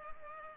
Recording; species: mosquito wingbeat signal from an infrared sensor; Culex pipiens